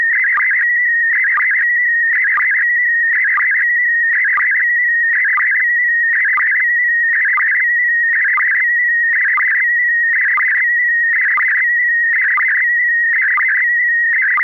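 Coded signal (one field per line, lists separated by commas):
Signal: SSTV (slow-scan television)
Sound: continuous warbling whistle near 2 kHz broken by regular short low sync blips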